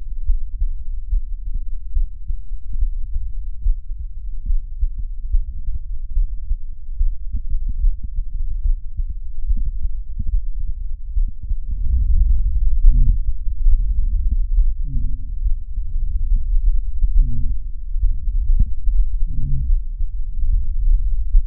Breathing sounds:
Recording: lung sounds by stethoscope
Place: right anterior apical chest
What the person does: quiet breathing, then deep breathing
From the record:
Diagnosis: interstitial lung disease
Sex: female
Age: 72 years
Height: 153 cm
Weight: 71 kg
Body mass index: 30.3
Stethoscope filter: bell mode

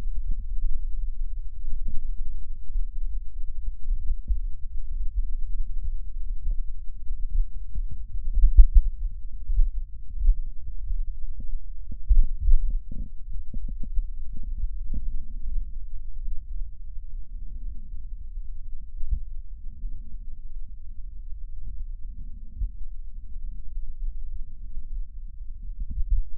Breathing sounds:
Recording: lung sounds by stethoscope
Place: left posterior basal chest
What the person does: quiet breathing, then deep breathing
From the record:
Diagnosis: none (healthy)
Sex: male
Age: 29 years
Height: 180 cm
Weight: 100 kg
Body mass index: 30.9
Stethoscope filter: bell mode

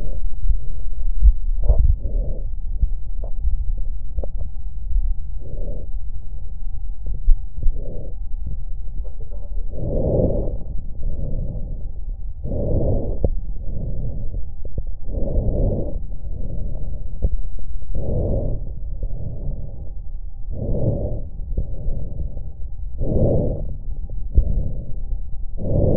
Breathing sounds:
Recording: lung sounds by stethoscope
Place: left posterior basal chest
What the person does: quiet breathing, then deep breathing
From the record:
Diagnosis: interstitial lung disease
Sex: female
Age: 70 years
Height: 160 cm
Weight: 93 kg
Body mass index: 36.3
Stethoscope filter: extended mode

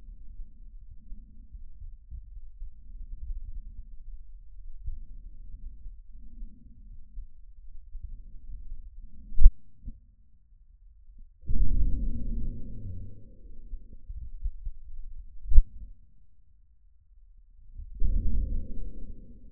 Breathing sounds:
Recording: lung sounds by stethoscope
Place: trachea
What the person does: quiet breathing, then deep breathing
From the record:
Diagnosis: COPD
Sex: male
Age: 59 years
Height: 171 cm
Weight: 91.4 kg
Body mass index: 31.3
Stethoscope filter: bell mode

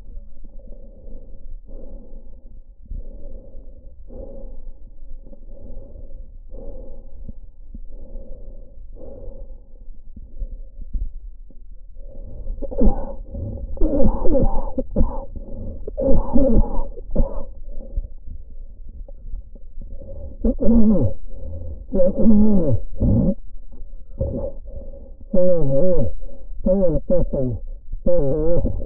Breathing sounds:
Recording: lung sounds by stethoscope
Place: trachea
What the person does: quiet breathing, then cough and speech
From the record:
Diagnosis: COPD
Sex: male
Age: 75 years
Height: 182 cm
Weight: 98 kg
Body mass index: 29.6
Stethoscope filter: diaphragm mode

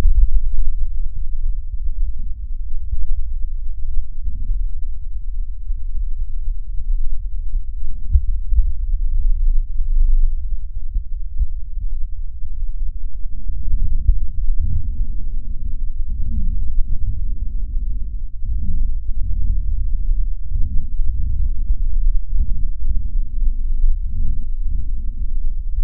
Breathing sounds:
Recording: lung sounds by stethoscope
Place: left posterior apical chest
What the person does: quiet breathing, then deep breathing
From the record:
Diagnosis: interstitial lung disease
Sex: male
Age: 82 years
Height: 158 cm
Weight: 49 kg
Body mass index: 19.6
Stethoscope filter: bell mode

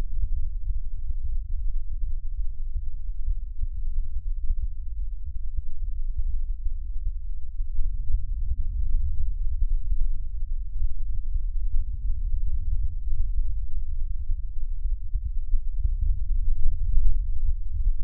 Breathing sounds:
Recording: lung sounds by stethoscope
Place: right anterior apical chest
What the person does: quiet breathing, then deep breathing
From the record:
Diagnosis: interstitial lung disease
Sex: female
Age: 60 years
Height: 152 cm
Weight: 55.9 kg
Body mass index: 24.2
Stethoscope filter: bell mode

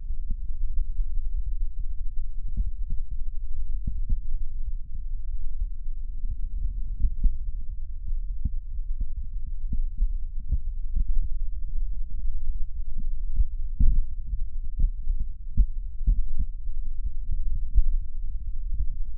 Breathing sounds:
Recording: lung sounds by stethoscope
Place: left anterior apical chest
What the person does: quiet breathing, then deep breathing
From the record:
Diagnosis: interstitial lung disease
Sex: male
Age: 66 years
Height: 172 cm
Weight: 107.6 kg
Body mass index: 36.4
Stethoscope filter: bell mode

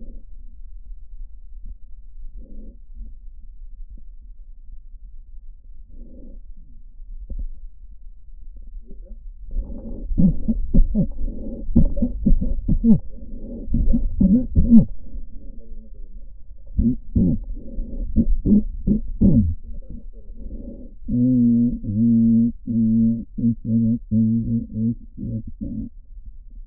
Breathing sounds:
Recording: lung sounds by stethoscope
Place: left posterior basal chest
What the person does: quiet breathing, then cough and speech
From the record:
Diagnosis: pulmonary infection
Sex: male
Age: 86 years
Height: 165 cm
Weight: 65 kg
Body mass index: 23.9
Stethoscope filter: diaphragm mode

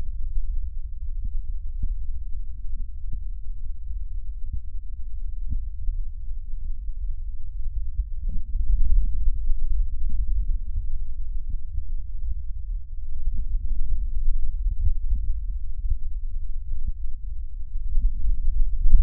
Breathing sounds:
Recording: lung sounds by stethoscope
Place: right posterior basal chest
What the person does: quiet breathing, then deep breathing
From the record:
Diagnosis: COPD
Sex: male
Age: 81 years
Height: 166 cm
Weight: 98.7 kg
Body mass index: 35.8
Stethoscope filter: bell mode

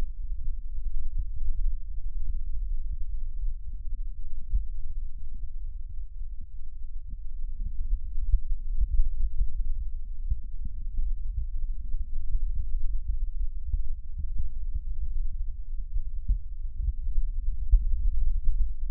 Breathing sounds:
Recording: lung sounds by stethoscope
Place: right posterior basal chest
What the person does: quiet breathing, then deep breathing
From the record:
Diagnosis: interstitial lung disease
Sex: male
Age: 66 years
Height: 164 cm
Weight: 76.2 kg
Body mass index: 28.3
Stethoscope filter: bell mode

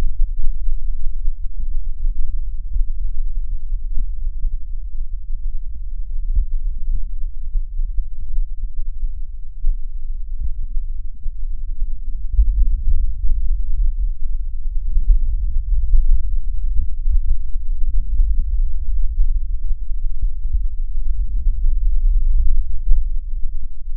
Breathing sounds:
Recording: lung sounds by stethoscope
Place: right posterior basal chest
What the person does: quiet breathing, then deep breathing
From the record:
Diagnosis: COPD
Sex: female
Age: 68 years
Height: 150 cm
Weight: 70 kg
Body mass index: 31.1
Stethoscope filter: bell mode

